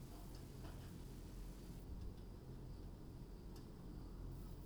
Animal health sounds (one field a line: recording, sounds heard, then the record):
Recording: poultry house recording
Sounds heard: no chicken sound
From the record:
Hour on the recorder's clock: 21